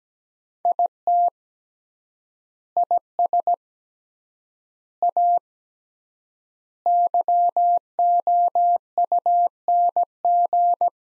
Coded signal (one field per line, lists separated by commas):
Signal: Morse code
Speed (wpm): 17 wpm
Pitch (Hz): 700 Hz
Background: none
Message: IT IS A YOUNG